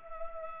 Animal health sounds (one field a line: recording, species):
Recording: mosquito wingbeat signal from an infrared sensor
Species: Culex pipiens